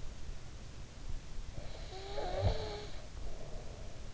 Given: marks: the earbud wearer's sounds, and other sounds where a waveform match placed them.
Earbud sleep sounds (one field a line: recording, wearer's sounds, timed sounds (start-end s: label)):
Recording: sounds in sleep by an in-ear microphone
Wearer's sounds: snoring breath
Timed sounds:
1.57-4.13 s: snoring breath